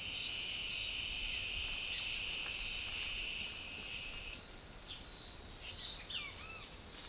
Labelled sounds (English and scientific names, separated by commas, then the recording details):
Great Kiskadee (Pitangus sulphuratus)
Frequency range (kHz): Great Kiskadee (Pitangus sulphuratus) 0.9-3.7 kHz
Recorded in forest near Pivijay, Magdalena, Colombia, on 15 April 2023 at 11:00
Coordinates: 10.467, -74.380
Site Z5-G034